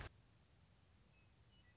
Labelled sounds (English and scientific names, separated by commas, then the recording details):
Western Meadowlark (Sturnella neglecta)
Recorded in Sonoma County, California